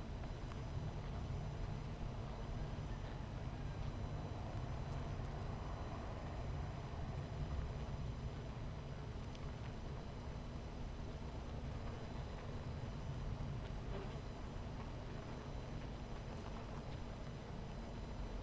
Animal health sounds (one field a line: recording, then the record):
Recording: honeybee colony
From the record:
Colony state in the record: missing queen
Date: 14 July 2017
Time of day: 11:29